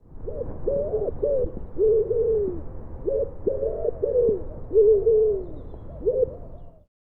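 Common wood pigeon song, a deep, hooting coo phrase of short notes and drawn-out ones, repeated twice in a rhythmic pattern, with a third phrase beginning near the end, over about seven seconds.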